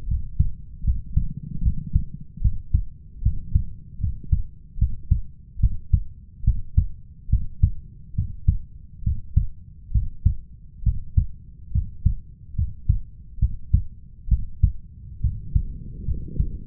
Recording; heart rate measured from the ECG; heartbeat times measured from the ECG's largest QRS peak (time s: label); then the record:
heart sounds by stethoscope; 71 bpm
0.08 s: heartbeat
0.84 s: heartbeat
1.62 s: heartbeat
2.41 s: heartbeat
3.22 s: heartbeat
4.00 s: heartbeat
4.78 s: heartbeat
5.60 s: heartbeat
6.44 s: heartbeat
7.29 s: heartbeat
8.15 s: heartbeat
9.03 s: heartbeat
9.91 s: heartbeat
10.83 s: heartbeat
11.72 s: heartbeat
12.55 s: heartbeat
13.39 s: heartbeat
14.28 s: heartbeat
15.21 s: heartbeat
16.05 s: heartbeat
From the record:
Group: healthy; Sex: male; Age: 21 years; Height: 170 cm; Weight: 71 kg